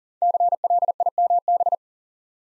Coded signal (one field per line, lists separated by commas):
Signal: Morse code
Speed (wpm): 42 wpm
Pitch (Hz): 700 Hz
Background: none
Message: CLIMB